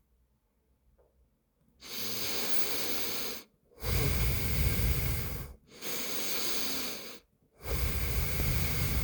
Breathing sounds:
nose breathing near a microphone
1.48-3.43 s: inhalation
3.43-5.53 s: exhalation
5.53-7.23 s: inhalation
7.23-9.04 s: exhalation
From the record:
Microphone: phone

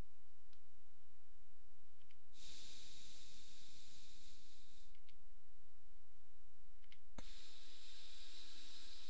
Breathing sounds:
nose breathing near a microphone
2.02-4.97 s: exhalation
6.82-9.10 s: inhalation
From the record:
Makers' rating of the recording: medium

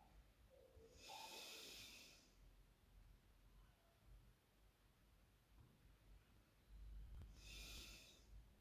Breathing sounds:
nose breathing near a microphone
0.00-0.65 s: inhalation
0.65-2.69 s: exhalation
5.45-7.05 s: inhalation
7.05-8.52 s: exhalation
From the record:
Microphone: phone

